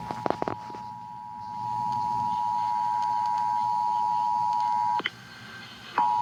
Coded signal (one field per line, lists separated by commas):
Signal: Emergency Alert System (SAME) tones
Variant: 853 and 960 Hz attention tone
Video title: AN RMT THAT SUCCEDS FOR ONCE! Broadcast Radio EAS: Required Monthly Test (EAS #409-410)